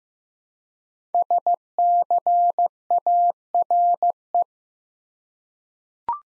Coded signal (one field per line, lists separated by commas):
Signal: Morse code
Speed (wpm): 15 wpm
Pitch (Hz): 700 Hz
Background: none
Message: SCARE